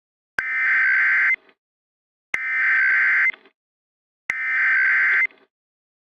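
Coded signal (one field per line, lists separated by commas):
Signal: Emergency Alert System (SAME) tones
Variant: header bursts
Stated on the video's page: EAS alert tones in a fictional tsunami scenario, not a real broadcast.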